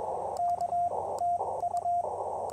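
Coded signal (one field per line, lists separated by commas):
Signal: Morse code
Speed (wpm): 21 wpm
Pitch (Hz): 700 Hz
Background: radio noise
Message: K TU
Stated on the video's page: QRP POTA park activation with Ten-Tec Argonaut VI, BaMaKeY TP-III paddle, and Chelegance MC-750 portable vertical antenna.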